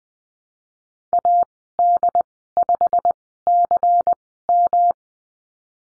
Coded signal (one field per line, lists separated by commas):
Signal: Morse code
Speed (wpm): 20 wpm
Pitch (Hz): 700 Hz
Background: none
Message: AD5CM